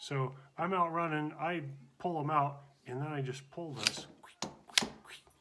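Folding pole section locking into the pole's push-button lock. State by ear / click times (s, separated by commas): seated / 4.8 s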